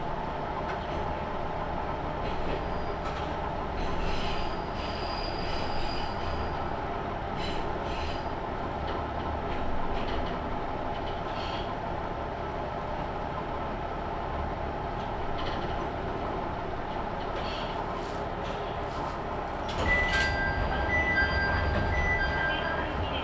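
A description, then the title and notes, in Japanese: A Tenryu Hamanako Railway train is running along the line, its steady low rumble and rolling wheels filling the whole clip. Clicks and brief metallic squeals come and go, and near the twentieth second the noise swells with a bright whine over heavier rumbling. 天竜浜名湖鉄道 金指→西気賀→金指 往復。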